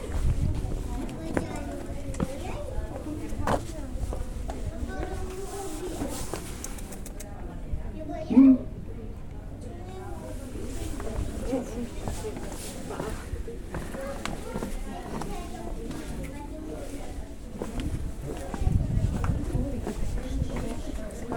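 A sound walk through Cadaquès, filled with steady overlapping voices talking throughout. Footsteps and small knocks pass beneath the chatter, with a sharp clack near eight seconds and a louder burst of voices around nineteen seconds.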